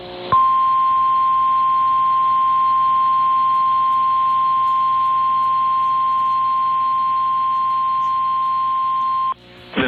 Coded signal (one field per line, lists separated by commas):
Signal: Emergency Alert System (SAME) tones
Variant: 1050 Hz attention tone